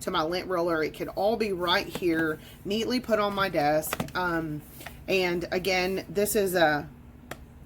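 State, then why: Seated. Someone talks, then closes the magnetic lid of a nail stamper cleaning and storage case. It shuts with a sharp snap at 7.3 s as the lid seats.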